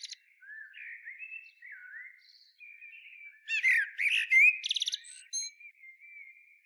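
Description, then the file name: Common blackbird song: soft warbled phrases, then a loud burst of squeaky, high twittering notes and quieter warbling at the close. "Turdus merula"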